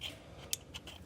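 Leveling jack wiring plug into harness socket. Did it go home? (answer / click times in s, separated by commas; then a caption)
yes / 0.5 s. A triangle-shaped plastic wiring plug for a Lippert Ground Control 3.0 electric leveling jack, being installed on a 2022 Forest River Cherokee Wolf, is pushed into its matching triangle socket on the harness. It clicks in at 0.5 s with a sharp, bright click over faint background noise, and a softer sound follows at 0.9 s. The plug is seated.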